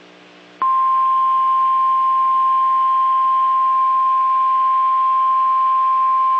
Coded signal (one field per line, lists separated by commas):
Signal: Emergency Alert System (SAME) tones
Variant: 1050 Hz attention tone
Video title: EAS 1841-1847 (5/15 & 5/16/22)